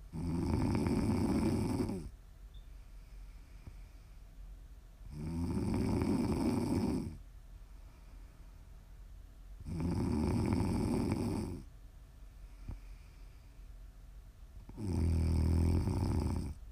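Four loud, low, rumbling snores come at a steady rhythm, one every four to five seconds, about 13 a minute. Each lasts nearly two seconds, with quiet breathing between. This is ordinary snoring from an adult sleeper, made as ASMR for listeners to sleep or relax to.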